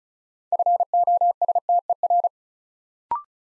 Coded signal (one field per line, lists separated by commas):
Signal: Morse code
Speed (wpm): 36 wpm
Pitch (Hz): 700 Hz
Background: none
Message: FOSTER